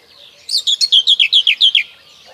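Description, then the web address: Common whitethroat delivering one rapid, scratchy phrase of about nine sharp notes stepping gradually lower, lasting just over a second. "Kurs PTTK Kurs materiały 01 Przyroda Ptaki Cierniówka"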